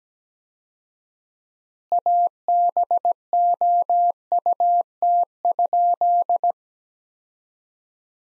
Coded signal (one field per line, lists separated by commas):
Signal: Morse code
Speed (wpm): 17 wpm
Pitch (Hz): 700 Hz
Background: none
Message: ABOUT?